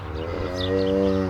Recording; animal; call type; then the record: contact call of a hoofed animal; cattle; low-frequency (closed-mouth) or high-frequency (open-mouth) call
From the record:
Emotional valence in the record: negative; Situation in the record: full separation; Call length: 1.30 s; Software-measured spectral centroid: 1700 Hz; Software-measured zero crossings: 1190 a second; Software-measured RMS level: -24 dBFS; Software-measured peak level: -9 dBFS